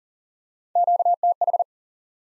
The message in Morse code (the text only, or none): QTH